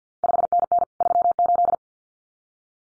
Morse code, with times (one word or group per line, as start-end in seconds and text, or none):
0.2-0.8 5NN
1.0-1.8 38